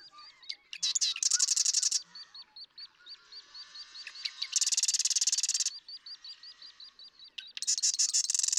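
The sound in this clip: Marsh Wren song: loud buzzy rattles, each about a second long, introduced by clicks. Between them another bird repeats quick thin chirps in a steady series.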